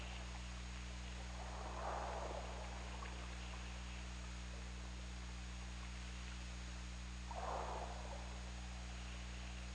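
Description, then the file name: Killer whale calls, two diffuse mid-pitched underwater cries several seconds apart, over steady low hum and hiss. OrcaLab hydrophone, 17 February 2018 at 22:54. "Orca Lab UTLN JASON 20180217 225432"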